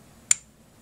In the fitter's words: see it didn't bind that time that's good I always just turn it until I hear the click there's